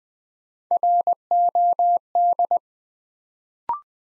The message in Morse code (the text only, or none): ROD